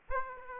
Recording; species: mosquito wingbeat signal from an infrared sensor; Aedes aegypti